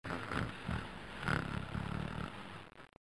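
An adult snoring during sleep, with low-pitched rumbling snores.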